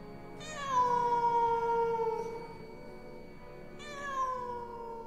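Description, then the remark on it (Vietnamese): A cat, standing up with its fur bristling late at night, lets out two long, mournful yowls, each starting high and sliding slowly downward in pitch, with a short pause between them and no voices. “Chỉ là thỉnh thoảng, nó đứng chồm hẳn lên, lông bẩm dựng cả lên mà kêu lên những tiếng nghe thảm não.”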